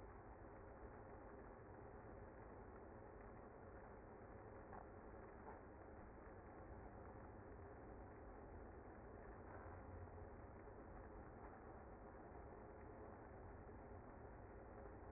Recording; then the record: honeybee colony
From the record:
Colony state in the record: active